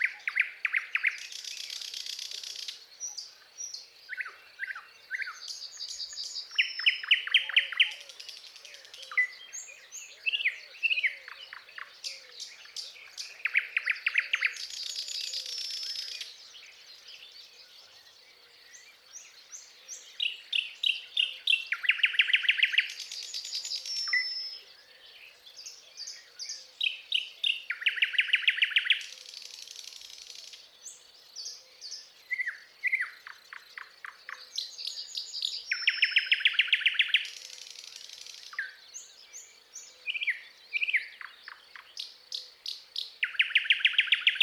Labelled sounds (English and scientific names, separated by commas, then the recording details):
Thrush Nightingale (Luscinia luscinia) song
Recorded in the wild
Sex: male
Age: adult
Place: Pyzdry, Nadwarcianski Park Krajobrazowy, Greater Poland Voivodeship, PL
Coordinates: 52.179, 17.7156
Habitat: shrubland
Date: 2017-05-14 08:40
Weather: clear sky, moderate wind
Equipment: Marantz PMD660 recorder, Sennheiser ME67 directional microphone
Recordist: Souriau, Abel